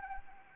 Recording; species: mosquito wingbeat signal from an infrared sensor; Anopheles gambiae